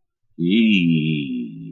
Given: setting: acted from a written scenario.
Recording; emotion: vocal sound without words; embarrassment